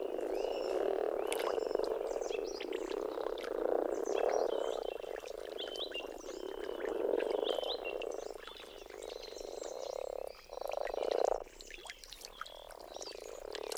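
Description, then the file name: Common frog chorus, a dense, continuous low purring croak that swells and fades throughout, with thin bird calls and chirps above. "rohukonn"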